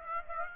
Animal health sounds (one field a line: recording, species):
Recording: mosquito wingbeat signal from an infrared sensor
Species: Aedes aegypti